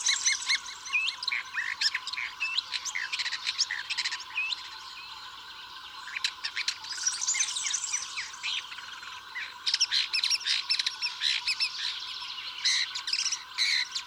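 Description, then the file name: Woodchat shrike song, a long run of scratchy, chattering notes mixed with brief whistles, pouring out in dense bursts with short pauses, over a steady low hiss. "woodchat shrike omkicau"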